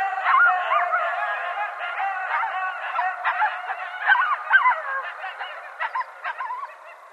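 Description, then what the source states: Coyotes calling together, bursts of high yips and short wavering howls that rise and fall, some louder squeals standing out near the middle. Several coyotes recorded on 20 January 2012.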